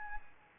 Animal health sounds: mosquito wingbeat signal from an infrared sensor; Anopheles gambiae

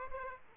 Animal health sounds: mosquito wingbeat signal from an infrared sensor; Aedes aegypti

